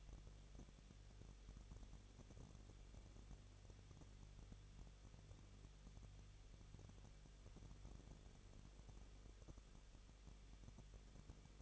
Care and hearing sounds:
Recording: daily activity, microphone in the room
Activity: no activity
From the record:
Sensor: 4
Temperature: 23.1 degrees Celsius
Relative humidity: 34.2%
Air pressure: 1007.2 hPa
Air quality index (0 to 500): 215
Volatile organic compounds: 15 ppm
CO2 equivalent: 2482 ppm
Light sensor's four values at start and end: 2/3/1/1 and 2/3/1/1

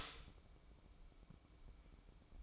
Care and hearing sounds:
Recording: daily activity, microphone in the room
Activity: stop toaster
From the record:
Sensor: 1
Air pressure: 1007.1 hPa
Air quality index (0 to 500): 72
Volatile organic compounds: 1 ppm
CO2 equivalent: 651 ppm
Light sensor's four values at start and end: 8/18/7/8 and 8/18/7/8

